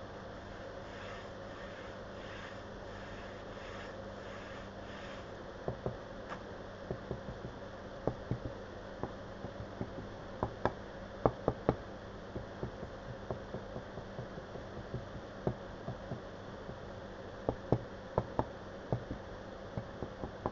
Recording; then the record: background sound without coughing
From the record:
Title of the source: wind